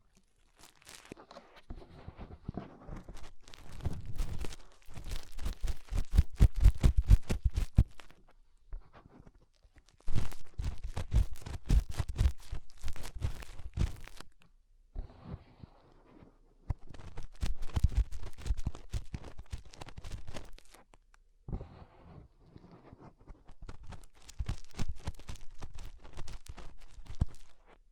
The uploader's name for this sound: Inner Ear Cleaning Using Fingers